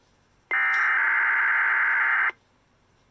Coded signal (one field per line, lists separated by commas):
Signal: Emergency Alert System (SAME) tones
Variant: header bursts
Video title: EAS 1973 Grand Rapids RWT